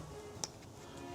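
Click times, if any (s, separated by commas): 0.4 s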